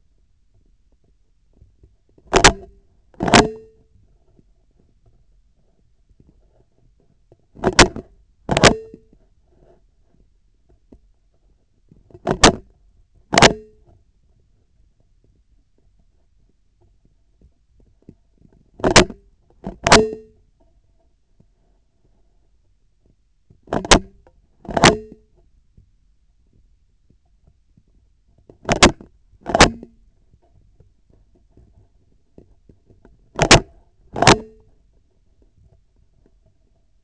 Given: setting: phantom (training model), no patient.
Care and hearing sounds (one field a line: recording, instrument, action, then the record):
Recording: laparoscopic instrument, vibration sensor on the handle end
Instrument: scissors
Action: opening and closing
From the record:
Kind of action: tool actuation without material contact